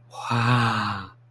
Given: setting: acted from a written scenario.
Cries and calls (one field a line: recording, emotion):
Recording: vocal sound without words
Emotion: awe